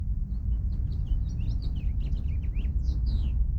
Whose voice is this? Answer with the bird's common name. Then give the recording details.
House Finch. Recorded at Hewlett on Long Island, New York, on 10 June 1975. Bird A